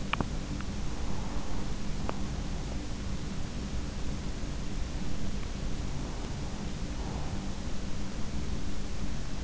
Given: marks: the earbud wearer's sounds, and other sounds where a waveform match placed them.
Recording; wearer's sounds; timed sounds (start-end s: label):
sounds in sleep by an in-ear microphone; teeth grinding, breath
0.00-0.33 s: teeth grinding
6.47-8.26 s: breath